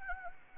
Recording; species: mosquito wingbeat signal from an infrared sensor; Anopheles gambiae